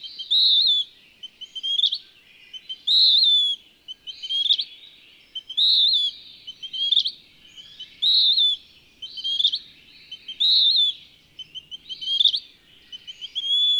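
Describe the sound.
Bird singing steady high whistled phrases that alternate with quick upswept chip notes, the pattern repeating throughout.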